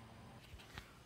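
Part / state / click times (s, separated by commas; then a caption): window jamb liner into window frame / seated / 0.8 s. A window jamb liner is pressed into the window sill or frame so its small hooks snap onto their spots. After faint low bumps, one short, sharp snap lands at 0.8 s. The liner is seated in place.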